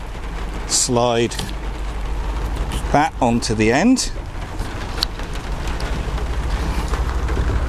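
The plastic bayonet (BL) adapter of a new wiper blade is being slid onto the end of the metal wiper arm on a 2020 Renault Kangoo II van, while someone talks over a steady background hiss. Brief small handling knocks are heard around 5.0 s and later, but the adapter has not yet clicked or seated onto the arm.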